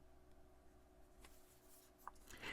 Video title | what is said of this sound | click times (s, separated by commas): iPhone 17 Pro Max 600D Aramid Fiber Minimalist Case by Thinborne + Drop & Scratch Test | So, let's put our phone inside the case here. Snaps right into place. | 2.1 s